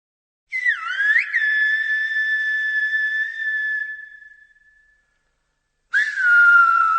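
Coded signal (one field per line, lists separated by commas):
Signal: whistled language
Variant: Silbo Gomero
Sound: two loud whistled phrases with quick pitch glides, then long sustained fading tones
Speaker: have you any idea what the conversation was about well according to the translation i have here they were discussing a party and one was asking the other to go and get a musical instrument to bring to it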